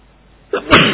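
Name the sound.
sneeze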